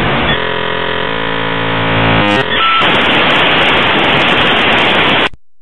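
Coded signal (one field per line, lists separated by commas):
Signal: dial-up modem handshake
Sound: buzzy shifting tones for two seconds, a short beep, then loud steady hiss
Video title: Звук старого модема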